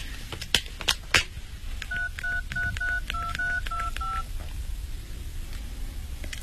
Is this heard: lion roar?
no